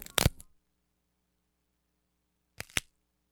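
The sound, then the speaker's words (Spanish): Two short, sharp crunches of bones breaking, each a crackly burst of splintering snaps, separated by about two seconds of silence. No voices. “Son huesos rotos.”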